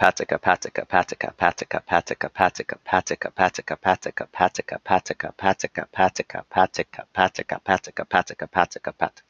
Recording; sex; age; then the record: repeated syllables /pa ta ka/; male; 30 to 39 years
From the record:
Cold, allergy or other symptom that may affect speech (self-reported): no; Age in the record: 37 years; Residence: Florida, United States